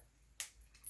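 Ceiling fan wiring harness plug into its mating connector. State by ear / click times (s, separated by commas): seated / 0.4 s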